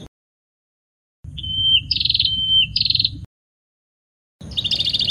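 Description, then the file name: Prinia song: a thin level whistle joined to buzzy, rapidly pulsed trills, resumed after a pause, over low rumbling noise. "suara burung perenjak kamboja. omkicau"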